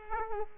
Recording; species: mosquito wingbeat signal from an infrared sensor; Culex quinquefasciatus